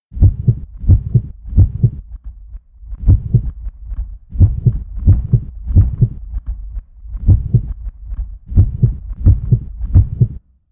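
Adult heart heard by stethoscope: heartbeat with atrial fibrillation (AFib).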